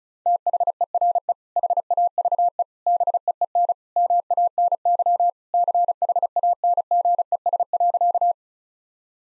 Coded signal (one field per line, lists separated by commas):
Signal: Morse code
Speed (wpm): 36 wpm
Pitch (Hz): 700 Hz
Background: none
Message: THERE HAVE BEEN MANY CHANGES.